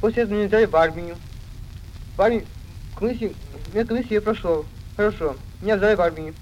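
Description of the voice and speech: An adult male patient speaks Russian in short, slow phrases with pauses, restarting words. Consonants are distorted or swapped and vowels sound nasal. This is a distinctive dysarthria caused by a defect of the articulatory apparatus.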